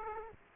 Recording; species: mosquito wingbeat signal from an infrared sensor; Aedes aegypti